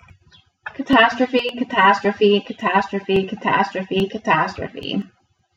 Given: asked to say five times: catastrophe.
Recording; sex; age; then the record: repeated word; female; 30 to 39 years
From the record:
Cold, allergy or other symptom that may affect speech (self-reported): no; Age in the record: 32 years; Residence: Ohio, United States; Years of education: 20